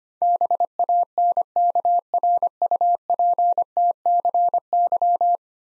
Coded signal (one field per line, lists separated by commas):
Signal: Morse code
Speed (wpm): 25 wpm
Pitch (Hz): 700 Hz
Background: none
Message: BANKRUPTCY